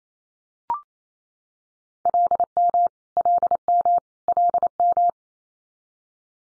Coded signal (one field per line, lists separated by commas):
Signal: Morse code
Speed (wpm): 28 wpm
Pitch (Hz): 700 Hz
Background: none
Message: LM LM LM